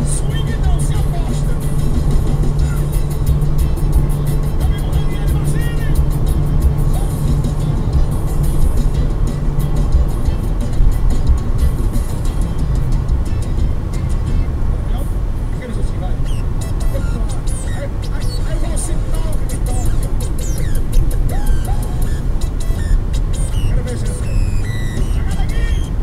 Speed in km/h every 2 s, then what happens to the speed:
141, 142, 143, 143, 142, 141, 141, 140, 140, 140, 140, 139, 138.
0-26 steady at about 141.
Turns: none.